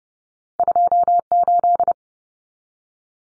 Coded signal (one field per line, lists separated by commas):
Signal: Morse code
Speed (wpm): 30 wpm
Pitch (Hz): 700 Hz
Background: none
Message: 28